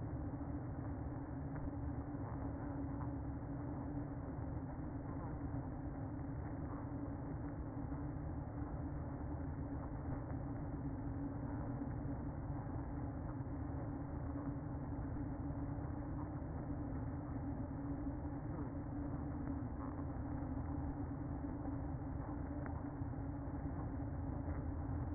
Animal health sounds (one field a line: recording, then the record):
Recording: honeybee colony, microphone inside the hive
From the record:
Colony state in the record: queen present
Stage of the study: after two queens were removed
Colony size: about 60,000 bees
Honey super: yes